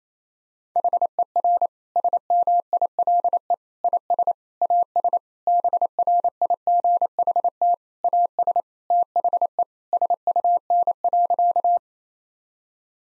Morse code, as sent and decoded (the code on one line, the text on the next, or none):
.... . .-. / ... -- .. .-.. . / .. ... / .- ... / -... .-. .. --. .... - / .- ... / - .... . / ... ..- -. .-.-.-
HER SMILE IS AS BRIGHT AS THE SUN.